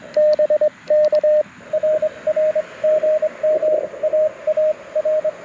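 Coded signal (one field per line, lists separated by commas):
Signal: Morse code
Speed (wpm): 22 wpm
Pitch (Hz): 590 Hz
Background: radio noise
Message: BK RR GM AAR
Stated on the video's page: QRP CW Parks on the Air activation at sunrise using a Mountain Topper MTR4B V2, Chelegance MC-750 antenna and BaMaKeY TP-III paddles.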